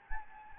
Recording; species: mosquito wingbeat signal from an infrared sensor; Anopheles gambiae